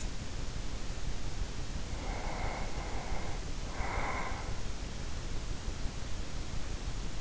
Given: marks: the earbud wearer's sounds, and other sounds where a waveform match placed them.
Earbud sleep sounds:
sounds in sleep by an in-ear microphone; breath
1.78-4.64 s: breath

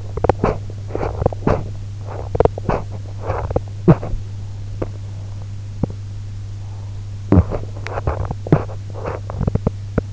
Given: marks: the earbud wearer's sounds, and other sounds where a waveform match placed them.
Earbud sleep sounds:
sounds in sleep by an in-ear microphone; teeth grinding
0.00-4.22 s: teeth grinding
4.59-7.03 s: teeth grinding
7.25-10.13 s: teeth grinding

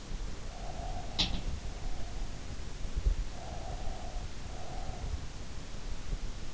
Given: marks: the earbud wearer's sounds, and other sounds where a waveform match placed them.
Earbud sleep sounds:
sounds in sleep by an in-ear microphone; breath
0.13-2.39 s: sound from someone else or the room
3.10-5.56 s: breath

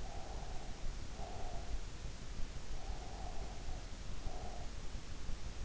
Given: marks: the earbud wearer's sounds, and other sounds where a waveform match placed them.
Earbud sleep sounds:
sounds in sleep by an in-ear microphone; breath
0.02-1.87 s: breath
2.68-4.82 s: breath

